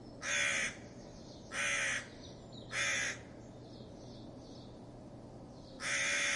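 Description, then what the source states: Crow cawing harshly, three rasping calls in quick succession, a pause of about three seconds, then a fourth caw; steady low hum underneath. Crows giving alarm calls because of a fox.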